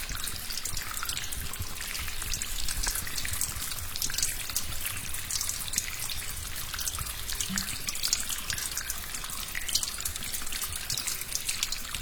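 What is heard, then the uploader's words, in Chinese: Water drips and trickles steadily inside a cave, a dense bright patter of droplets with little low sound and no pauses throughout. 山洞钟乳石泉雨。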